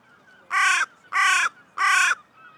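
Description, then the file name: Carrion crow giving three harsh, hoarse caws, evenly spaced. "Corvus corone"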